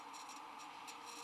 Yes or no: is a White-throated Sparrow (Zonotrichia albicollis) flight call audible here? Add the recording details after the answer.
no. No flight call is heard. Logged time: 06:35 on 19 December 2014